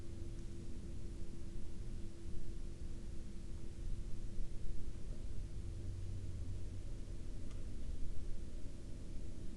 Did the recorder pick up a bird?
no